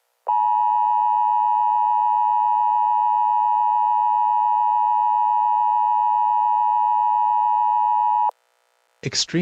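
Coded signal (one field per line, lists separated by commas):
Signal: Emergency Alert System (SAME) tones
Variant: 853 and 960 Hz attention tone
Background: speech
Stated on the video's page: Fictional alert scenarios from a serialized series, not real broadcasts.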